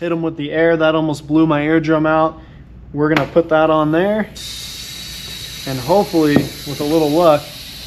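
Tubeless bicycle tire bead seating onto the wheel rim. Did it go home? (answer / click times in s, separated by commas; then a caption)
no / none. A tubeless bicycle tire is being set up on a wheel rim for inflation while someone talks. From about 4.3 s a steady, broadband hiss of air runs to the end of the clip. Nothing has seated or clicked yet.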